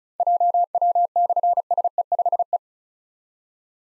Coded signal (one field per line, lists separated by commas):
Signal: Morse code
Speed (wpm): 36 wpm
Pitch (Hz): 700 Hz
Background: none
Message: JW/SE5E